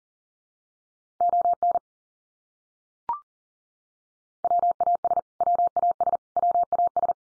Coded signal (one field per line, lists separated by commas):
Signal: Morse code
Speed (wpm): 40 wpm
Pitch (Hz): 700 Hz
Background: none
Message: ON WAS WAS WAS